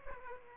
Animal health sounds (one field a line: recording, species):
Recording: mosquito wingbeat signal from an infrared sensor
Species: Aedes aegypti